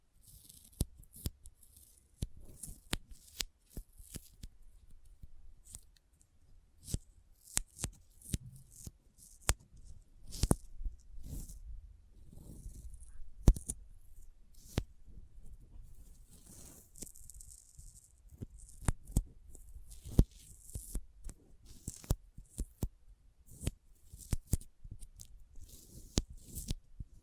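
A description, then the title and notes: Sticky finger sounds: irregular sharp clicks and tacky peeling snaps scattered throughout, some in quick clusters, over a faint low rumble. ASMR Intense Sticky Finger Sounds (No Talking).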